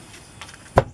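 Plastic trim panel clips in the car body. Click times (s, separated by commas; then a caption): 0.4 s, 0.8 s. Two plastic clips on the other side trim panel of a 2006 Subaru Outback XT Limited pop out of the car body as the panel is pulled up during a rear shock replacement with Monroe Quick-struts. A lighter snap comes at 0.4 s and a sharper, louder snap at 0.8 s, and the panel is released.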